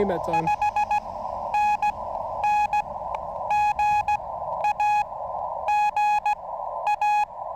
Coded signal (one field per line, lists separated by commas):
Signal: Morse code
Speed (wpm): 15 wpm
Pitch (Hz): 810 Hz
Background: speech, radio noise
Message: 5NN GA GA